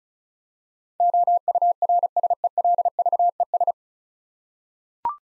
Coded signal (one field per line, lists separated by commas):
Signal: Morse code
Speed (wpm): 36 wpm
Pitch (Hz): 700 Hz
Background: none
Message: OURSELVES